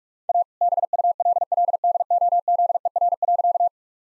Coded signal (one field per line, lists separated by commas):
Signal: Morse code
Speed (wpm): 46 wpm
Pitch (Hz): 700 Hz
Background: none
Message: A BULLDOZER.